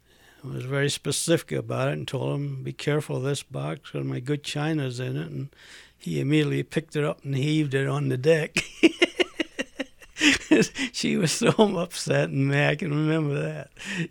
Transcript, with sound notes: was very specific about it and told them, "Be careful of this box because my good china is in it." And he immediately picked it up and heaved it on the deck. ( he laughs ) She was so upset and mad. I can remember that.